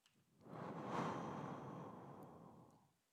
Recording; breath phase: one breath near a microphone; exhalation